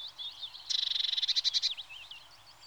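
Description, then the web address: Eurasian blue tit: a brief, grating churr of quick pulsed notes, with thin high calls just before and after. "The BBC Sound Effects Library. Blue TIT (Parus Caeruleus)"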